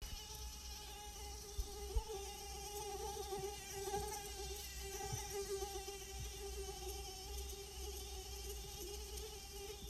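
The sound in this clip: Mosquito wing whine, a thin steady high-pitched buzz with stacked harmonics, wavering slightly in pitch throughout, over a low background hum.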